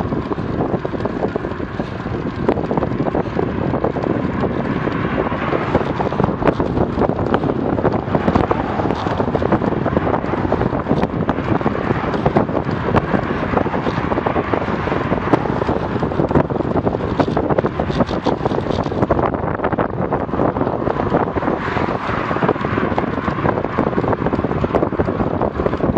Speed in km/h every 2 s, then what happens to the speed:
30, 32, 33, 34, 34, 34, 33, 32, 31, 30, 29, 29, 28.
0-26 steady at about 32.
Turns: none.